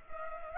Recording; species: mosquito wingbeat signal from an infrared sensor; Culex pipiens